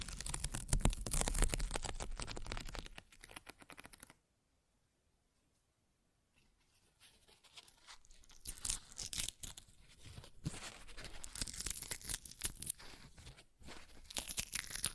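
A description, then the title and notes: Paper is ripped in dense, crackly bursts for about four seconds, then everything goes silent until around six seconds. Tearing resumes faintly and grows into rough, uneven rips with crinkling texture, broken by a brief pause near thirteen and a half seconds. ASMR Paper Ripping Tearing Sounds (No Talking).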